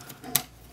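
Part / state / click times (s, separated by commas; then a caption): plastic foot piece into the leg of a transforming toy figure / seated / 0.4 s. The plastic foot of a Transformers Botcon 2012 boxed-set Gigatron (Overlord) figure is rotated around and pushed into its locking position in the leg. A soft plastic shuffle comes first, then a single sharp plastic click at 0.4 s as the foot seats in place.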